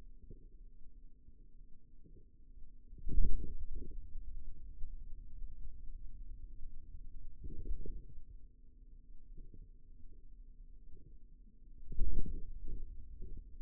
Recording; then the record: forearm muscle sounds (acoustic myography)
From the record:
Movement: radial deviation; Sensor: system 2, bracelet of six BSWA MPA416 microphones around the upper forearm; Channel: 3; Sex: male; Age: 22 years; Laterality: right